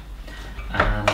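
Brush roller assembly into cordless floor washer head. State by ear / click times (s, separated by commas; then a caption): not seated / none. The removable brush roller and its cover are being refitted on the front of a Tineco Floor One S3 cordless floor washer head: located on the top, then on the front, and pushed toward home. Low handling rustle gives way to brief knocks around 0.8 s and 1.1 s. Nothing has seated or clicked into place yet.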